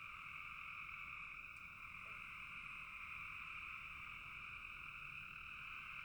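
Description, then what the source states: Frogs in full chorus, an even high trilling hum with a couple of brief faint chirps standing out early on, over low background noise. Frogs calling in a bog.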